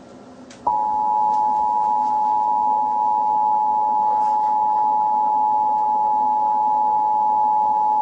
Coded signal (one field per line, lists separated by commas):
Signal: Emergency Alert System (SAME) tones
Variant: 853 and 960 Hz attention tone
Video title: EAS Scenario: DO NOT FALL A SLEEP: 🛌 😴 💤 (CIVIL DANGER WARNING.)